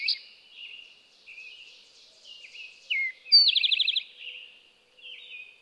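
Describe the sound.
Single Eastern towhee phrase: a sharp slurred note then a rapid ringing trill, with quieter chirping before and after.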